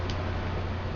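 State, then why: Released. The small clicky tail switch of a Costco TechLite Lumen Master flashlight is pried up at the sides of the plastic tool holder inside the tailcap. A short pop at 0.1 s sounds over a steady low hum as the switch comes free. The switch is released from its holder.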